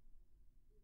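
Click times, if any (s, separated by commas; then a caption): none. A vending machine door handle is being pressed in flush toward the Evolution vending machine's door lock to confirm the door is shut properly. Only a quiet, steady low-frequency rumble is heard, with no sharp sounds. Nothing has seated or clicked yet.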